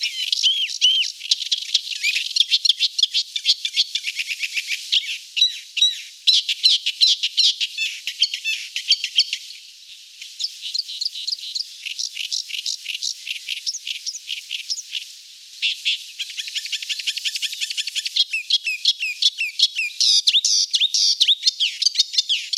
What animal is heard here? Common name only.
Thick-billed Warbler